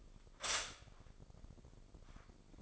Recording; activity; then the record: daily activity, microphone in the room; stop toaster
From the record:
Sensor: 5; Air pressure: 995.3 hPa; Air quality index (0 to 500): 107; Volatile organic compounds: 8 ppm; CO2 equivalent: 2066 ppm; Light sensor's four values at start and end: 31/76/30/30 and 30/73/29/28